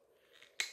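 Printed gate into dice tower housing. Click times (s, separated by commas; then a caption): 0.6 s. A printed plastic gate on a redesigned dice tower is closed onto its catch on the tower housing. A faint rustle gives way to one sharp snap at 0.6 s as the clicking lock seats home, and someone talks around it.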